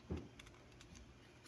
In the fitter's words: Pag nakalak nyo guys, ganyan yan nakalak na siya